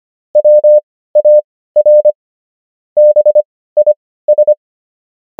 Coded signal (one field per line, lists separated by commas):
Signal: Morse code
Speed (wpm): 25 wpm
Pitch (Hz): 600 Hz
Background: none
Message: WAR BIS